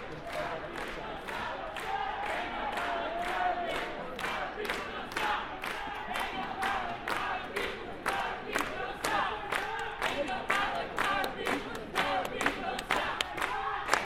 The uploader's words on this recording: Field/protest recording Sea-Tac Airport Immigration/Travel Ban Protest. DPA 4060 mics (used as binaural) -> Sound Devices 702. Starts off with quiet and sounds of organizing/directing.